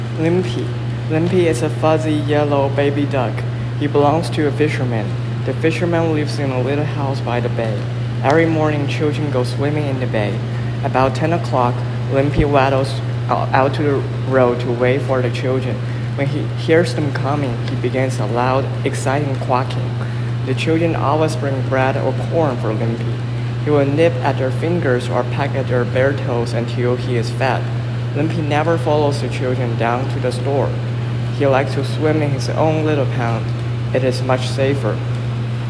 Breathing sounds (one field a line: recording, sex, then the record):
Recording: reading aloud after running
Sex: male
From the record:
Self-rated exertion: moderate exertion (3 of 6)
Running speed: 8 miles an hour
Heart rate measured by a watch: 113 beats a minute at the start, 108 at the end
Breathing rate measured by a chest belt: 20 breaths a minute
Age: 24 years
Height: 175 cm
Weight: 56 kg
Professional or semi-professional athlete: no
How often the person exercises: over 5 times a week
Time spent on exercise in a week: over 5 hours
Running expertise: yes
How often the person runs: over 5 times a week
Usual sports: running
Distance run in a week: 60 km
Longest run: 43 km